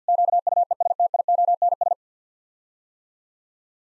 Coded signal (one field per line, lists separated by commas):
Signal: Morse code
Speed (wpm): 50 wpm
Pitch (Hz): 700 Hz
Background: none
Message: QUESTIONS